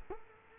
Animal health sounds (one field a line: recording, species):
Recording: mosquito wingbeat signal from an infrared sensor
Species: Culex quinquefasciatus